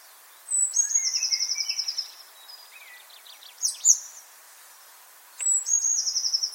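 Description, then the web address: Eurasian blue tit calls: two high buzzy trills, each opened by a thin sharp note. Faint twittering and a brief sharp chip from other small birds fall between them. "cianscape. Deverinetal"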